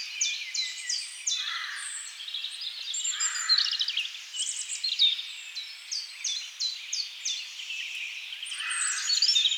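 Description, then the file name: European robin song of high, sweet, tinkling notes and short trills, with three brief lower sounds scattered through. "Erithacus rubecula"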